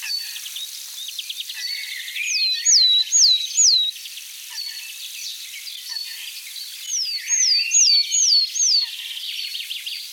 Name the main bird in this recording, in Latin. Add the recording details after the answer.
Poecile montanus. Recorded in the wild. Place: NSG Kittlitzer Hofsee, Schleswig-Holstein, DE. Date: 1986-05-09. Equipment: Uher Report Monitor. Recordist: Schwarz, Dieter